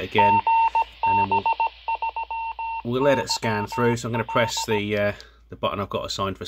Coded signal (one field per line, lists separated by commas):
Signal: Morse code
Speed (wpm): 17 wpm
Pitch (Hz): 910 Hz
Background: speech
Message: GB3YL